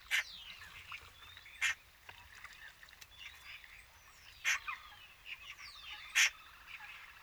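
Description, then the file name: Eurasian magpie giving single harsh, rasping calls at irregular intervals, four in all, with other birds whistling and chirping softly in the background. "Pica pica"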